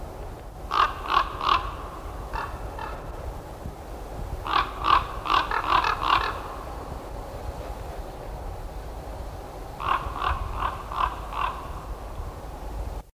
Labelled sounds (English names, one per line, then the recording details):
Common Raven call
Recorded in the wild
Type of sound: call
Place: Celle, OT Lachtehausen, Niedersachsen, DE
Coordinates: 52.62, 10.13
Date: 1971-03-04
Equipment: Halbspur, 9,5 cm/s
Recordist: Lütgens, Hans
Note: Rufe